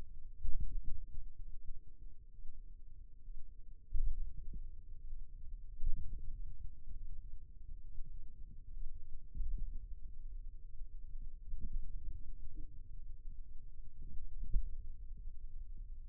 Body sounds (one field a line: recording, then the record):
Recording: forearm muscle sounds (acoustic myography)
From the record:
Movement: pen grasping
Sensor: system 2, bracelet of six BSWA MPA416 microphones around the upper forearm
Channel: 6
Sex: male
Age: 22 years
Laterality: right